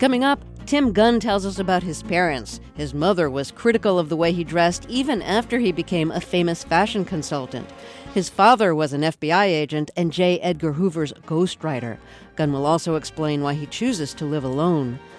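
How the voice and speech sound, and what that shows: A single adult woman, a radio host, speaks clearly and fluently at a steady broadcast pace, with a mid-range pitch and smooth, clear voicing. She introduces an upcoming interview segment. Articulation and rhythm are typical, with only brief natural pauses between phrases.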